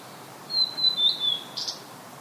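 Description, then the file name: Blue-and-white flycatcher song: a thin, high whistled phrase held steady, then a short burst of rougher notes near the end, over a soft hiss. "oruri"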